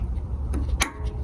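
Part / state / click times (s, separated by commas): wiring harness plug into its mating connector / seated / 0.8 s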